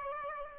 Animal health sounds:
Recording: mosquito wingbeat signal from an infrared sensor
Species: Aedes albopictus

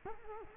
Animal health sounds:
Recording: mosquito wingbeat signal from an infrared sensor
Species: Culex quinquefasciatus

